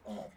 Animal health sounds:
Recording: pig call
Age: piglet (1 to 25 days)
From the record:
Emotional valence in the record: negative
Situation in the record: restrain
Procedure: back test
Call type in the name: low-frequency call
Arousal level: low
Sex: male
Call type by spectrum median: low-frequency call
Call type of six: low-frequency stable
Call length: 0.36 s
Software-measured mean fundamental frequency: 97 Hz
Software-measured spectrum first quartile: 219 Hz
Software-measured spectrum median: 469 Hz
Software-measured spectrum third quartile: 720 Hz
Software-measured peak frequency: 558 Hz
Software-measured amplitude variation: 153 dB a second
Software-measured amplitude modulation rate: 12.5 a second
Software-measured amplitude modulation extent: 12.2 dB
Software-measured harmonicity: 3.4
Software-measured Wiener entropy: -0.08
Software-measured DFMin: 1583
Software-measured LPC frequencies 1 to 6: 617, 1995, 3219, 3735, 5390, 7027 Hz

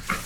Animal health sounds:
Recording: pig call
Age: piglet (1 to 25 days)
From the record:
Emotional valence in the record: positive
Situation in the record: reunion after long isolation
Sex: male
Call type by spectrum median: low-frequency call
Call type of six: low-frequency tonal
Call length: 0.26 s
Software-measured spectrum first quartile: 839 Hz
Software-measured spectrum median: 1724 Hz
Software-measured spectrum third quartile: 3632 Hz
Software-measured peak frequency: 188 Hz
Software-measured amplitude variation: 140 dB a second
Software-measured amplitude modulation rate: 19.1 a second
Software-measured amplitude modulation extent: 7.4 dB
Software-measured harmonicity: 0.0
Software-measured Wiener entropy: -1.21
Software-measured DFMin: 1299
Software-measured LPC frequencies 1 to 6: 1290, 2187, 4009, 5536, 6705, 9432 Hz

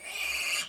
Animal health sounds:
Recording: pig call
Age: piglet (1 to 25 days)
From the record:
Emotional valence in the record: negative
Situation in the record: castration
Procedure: castration, cut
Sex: male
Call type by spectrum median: high-frequency call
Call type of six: high-frequency stable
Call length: 0.69 s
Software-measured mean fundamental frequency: 303 Hz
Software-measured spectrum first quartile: 2479 Hz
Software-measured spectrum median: 3372 Hz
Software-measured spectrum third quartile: 6586 Hz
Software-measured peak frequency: 2433 Hz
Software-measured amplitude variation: 123 dB a second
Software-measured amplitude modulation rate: 18.1 a second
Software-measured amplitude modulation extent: 6.8 dB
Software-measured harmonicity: 4.1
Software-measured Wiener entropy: -2.09

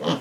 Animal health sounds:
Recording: pig call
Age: piglet (1 to 25 days)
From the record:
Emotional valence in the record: positive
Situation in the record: huddling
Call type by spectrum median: low-frequency call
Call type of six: low-frequency tonal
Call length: 0.21 s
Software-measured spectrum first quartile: 339 Hz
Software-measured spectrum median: 692 Hz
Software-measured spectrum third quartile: 2041 Hz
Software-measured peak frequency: 271 Hz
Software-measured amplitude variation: 119 dB a second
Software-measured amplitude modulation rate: 4.8 a second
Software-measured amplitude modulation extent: 24.7 dB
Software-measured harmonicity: 2.1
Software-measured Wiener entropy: -1.64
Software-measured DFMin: 903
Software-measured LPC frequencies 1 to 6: 460, 1075, 1722, 3064, 4615, 5680 Hz

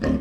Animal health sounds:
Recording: pig call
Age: growing-finishing pig (85 days or more)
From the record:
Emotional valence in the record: negative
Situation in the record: barren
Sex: female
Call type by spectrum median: low-frequency call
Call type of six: low-frequency modulated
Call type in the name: low-frequency modulated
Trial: 3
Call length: 0.21 s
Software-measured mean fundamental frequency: 55 Hz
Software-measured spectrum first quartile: 196 Hz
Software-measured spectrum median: 299 Hz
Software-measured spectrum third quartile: 646 Hz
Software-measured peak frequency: 241 Hz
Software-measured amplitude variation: 156 dB a second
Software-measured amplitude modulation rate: 21.5 a second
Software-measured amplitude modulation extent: 7.3 dB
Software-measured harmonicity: 0.9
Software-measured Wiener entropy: -0.92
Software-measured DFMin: 755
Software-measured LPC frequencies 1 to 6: 341, 1789, 2671, 4357, 4969, 5654 Hz

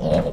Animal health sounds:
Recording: pig call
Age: piglet (1 to 25 days)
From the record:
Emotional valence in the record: negative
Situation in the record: long isolation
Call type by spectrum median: low-frequency call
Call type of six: low-frequency modulated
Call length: 0.33 s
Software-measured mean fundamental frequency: 76 Hz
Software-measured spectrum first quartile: 166 Hz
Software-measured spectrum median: 423 Hz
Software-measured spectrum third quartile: 604 Hz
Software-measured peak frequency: 546 Hz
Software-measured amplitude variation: 136 dB a second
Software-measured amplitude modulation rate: 20.0 a second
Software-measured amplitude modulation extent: 6.8 dB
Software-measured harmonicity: 3.0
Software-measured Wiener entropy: -0.79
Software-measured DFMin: 863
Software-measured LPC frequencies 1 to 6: 579, 1623, 3122, 3998, 5091, 6603 Hz

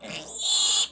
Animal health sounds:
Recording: pig call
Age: piglet (1 to 25 days)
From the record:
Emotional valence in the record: negative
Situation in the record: castration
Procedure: castration, fixation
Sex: male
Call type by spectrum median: high-frequency call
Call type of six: mixed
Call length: 0.92 s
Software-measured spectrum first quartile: 3546 Hz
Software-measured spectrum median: 5647 Hz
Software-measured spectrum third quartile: 8028 Hz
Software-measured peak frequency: 3446 Hz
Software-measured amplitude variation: 115 dB a second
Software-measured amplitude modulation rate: 19.1 a second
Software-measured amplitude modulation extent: 6.0 dB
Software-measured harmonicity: 6.2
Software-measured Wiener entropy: -2.50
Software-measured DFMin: 934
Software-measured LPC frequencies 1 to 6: 849, 2964, 3466, 4129, 4789, 7172 Hz

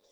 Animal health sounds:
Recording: pig call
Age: piglet (1 to 25 days)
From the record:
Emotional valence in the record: positive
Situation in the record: short reunion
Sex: male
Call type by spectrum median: low-frequency call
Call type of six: low-frequency stable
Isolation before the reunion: 3 minutes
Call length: 0.12 s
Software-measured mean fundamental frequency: 47 Hz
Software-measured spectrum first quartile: 534 Hz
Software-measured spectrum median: 2080 Hz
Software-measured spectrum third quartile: 5610 Hz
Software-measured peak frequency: 551 Hz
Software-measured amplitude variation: 91 dB a second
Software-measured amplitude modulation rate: 8.7 a second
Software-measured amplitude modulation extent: 10.4 dB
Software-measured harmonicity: 2.6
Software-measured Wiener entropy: -1.74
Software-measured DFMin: 1039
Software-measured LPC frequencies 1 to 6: 550, 2190, 3508, 3712, 4826, 5588 Hz

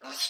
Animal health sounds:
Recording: pig call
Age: piglet (1 to 25 days)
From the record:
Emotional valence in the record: negative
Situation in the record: restrain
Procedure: in the arms of a person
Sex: female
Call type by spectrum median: high-frequency call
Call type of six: low-frequency tonal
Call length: 0.30 s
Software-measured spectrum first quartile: 3533 Hz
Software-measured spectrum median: 4363 Hz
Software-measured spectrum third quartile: 5866 Hz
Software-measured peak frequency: 4184 Hz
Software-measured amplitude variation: 123 dB a second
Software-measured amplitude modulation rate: 11.7 a second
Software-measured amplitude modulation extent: 10.5 dB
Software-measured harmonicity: 1.7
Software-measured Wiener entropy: -1.65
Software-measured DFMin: 609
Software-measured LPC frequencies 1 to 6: 781, 1357, 3397, 4169, 4904, 5657 Hz

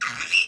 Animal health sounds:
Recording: pig call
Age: piglet (1 to 25 days)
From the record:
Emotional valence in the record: negative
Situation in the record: castration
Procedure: castration, fixation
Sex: male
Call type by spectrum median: high-frequency call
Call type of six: low-frequency tonal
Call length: 0.48 s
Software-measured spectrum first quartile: 2413 Hz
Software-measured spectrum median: 2748 Hz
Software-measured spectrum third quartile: 3613 Hz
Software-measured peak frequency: 2724 Hz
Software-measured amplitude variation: 172 dB a second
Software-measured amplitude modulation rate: 16.6 a second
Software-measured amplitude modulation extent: 10.4 dB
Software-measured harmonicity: 6.4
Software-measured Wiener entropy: -2.33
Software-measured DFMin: 813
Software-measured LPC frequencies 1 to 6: 1325, 1796, 2707, 3865, 5471, 6602 Hz

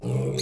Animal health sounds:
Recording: pig call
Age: weaner (32 to 43 days)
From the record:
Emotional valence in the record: negative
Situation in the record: short isolation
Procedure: open field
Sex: female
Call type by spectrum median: low-frequency call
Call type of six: mixed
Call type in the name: high-frequency modulated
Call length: 0.42 s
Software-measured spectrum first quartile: 192 Hz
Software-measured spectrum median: 489 Hz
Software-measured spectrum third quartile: 3431 Hz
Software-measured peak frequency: 454 Hz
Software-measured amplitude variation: 86 dB a second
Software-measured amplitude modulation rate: 21.6 a second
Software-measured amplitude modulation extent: 4.0 dB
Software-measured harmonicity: -2.2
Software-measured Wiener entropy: -4.60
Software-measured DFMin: 1257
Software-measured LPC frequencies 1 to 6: 381, 2264, 3795, 4195, 6094, 6535 Hz

